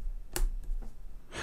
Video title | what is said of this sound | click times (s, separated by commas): iPad Mini 6 Tempered Glass Screen Protector With Installation Frame Alignment Tool by ESR | actually yeah there was some slight little clicks there so hopefully you might have heard that | 0.4 s